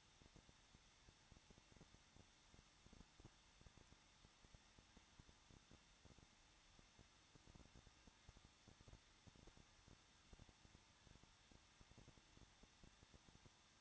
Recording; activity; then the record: daily activity, microphone in the room; no activity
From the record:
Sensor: 3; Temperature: 21.2 degrees Celsius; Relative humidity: 36.4%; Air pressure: 1006.4 hPa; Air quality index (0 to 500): 222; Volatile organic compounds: 43 ppm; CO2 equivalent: 3189 ppm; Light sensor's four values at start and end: 2/3/2/2 and 2/3/2/2